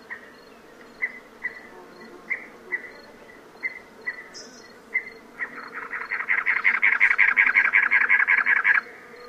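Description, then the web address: Cactus wren calls: scattered rasping notes building into a long, loud run of harsh chugging notes, over a low steady hum and faint high ticks. "Songs of Birds of North America Know Your Bird Sounds. Cactus Wren"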